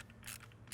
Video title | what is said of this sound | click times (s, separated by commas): Volvo Central Electronic Module CEM Removal Procedure for XC90, XC70, V70, S60, S80 1999 - 2004 | don't know if you can hear that clicking, but I can't tighten it anymore. | 0.1 s, 0.3 s, 0.4 s, 0.5 s, 0.7 s